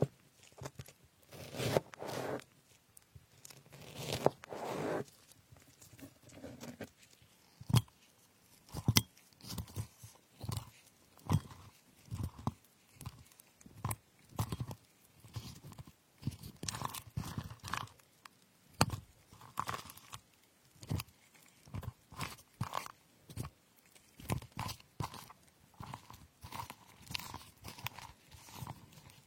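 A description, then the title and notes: Strawberries and other fruit being cut, heard as a steady run of short, crisp knife chops through the whole clip. The strokes come in quick irregular bursts with brief pauses, a few sharper clacks standing out near 8, 9 and 19 seconds. Cutting fruits like strawberries.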